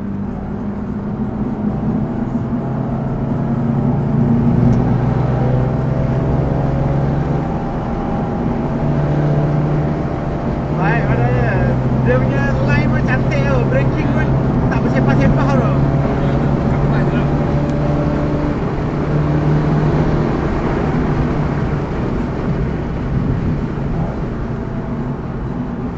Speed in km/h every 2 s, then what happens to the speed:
80, 90, 98, 104, 112, 117, 127, 133, 142, 146, 149, 139, 102.
0-19 speeds up to 149. 19-26 brakes to 102.